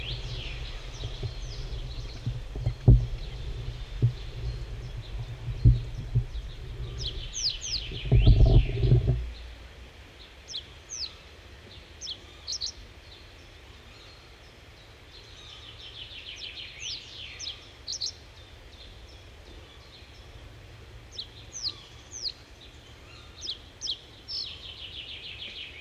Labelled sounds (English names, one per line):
Reed Bunting song